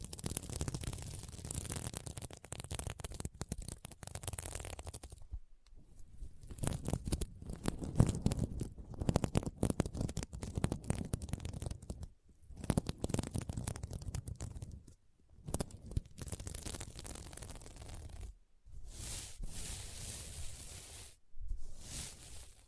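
Scratching on a sequin mermaid pillow, a dense, rough scraping of many tiny clicks and rasps in bursts of a few seconds. Brief silent pauses break the strokes near 5, 12, 15, 18 and 21 seconds, with low thumps mixed into the scratching.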